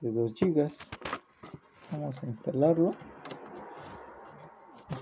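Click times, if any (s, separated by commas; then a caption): none. Someone talks while a 2 GB RAM memory module is lined up over a motherboard DIMM slot in a 2009 PC, ready to be pushed down. Brief handling ticks come at about 3.2, 3.3 and 4.9 seconds, but the module has not seated or clicked yet.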